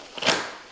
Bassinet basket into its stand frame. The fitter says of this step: and clicks into place like that.